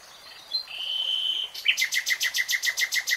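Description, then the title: Nightingale song: a long, pure, level whistle followed by a fast, regular series of loud repeated notes. Nightingale singing in real time. "[Tiếng chim hót] REALTIME Nightingale Singing"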